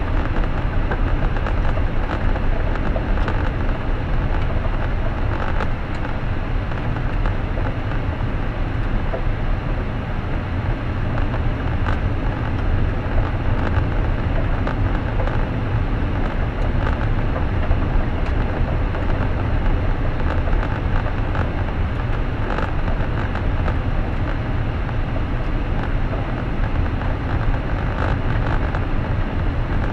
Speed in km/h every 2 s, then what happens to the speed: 55, 54, 56, 58, 61, 61, 61, 61, 59, 59, 58, 58, 58, 58, 60.
0-8 speeds up to 61. 8-30 steady at about 59.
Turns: none.